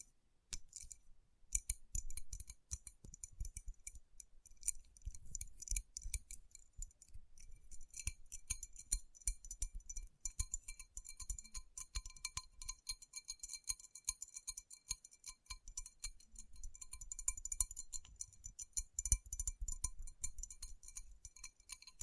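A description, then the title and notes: Rhinestone-covered palms are tapped and rubbed in a dense run of tiny bright clicks and glassy clinks, with soft low thumps throughout. Tapping & Rubbing Rhinestone Covered Palms.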